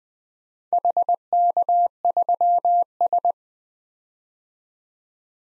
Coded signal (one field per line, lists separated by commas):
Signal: Morse code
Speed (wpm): 20 wpm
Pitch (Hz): 700 Hz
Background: none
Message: HK3S